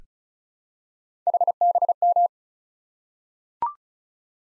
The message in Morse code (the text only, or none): HBM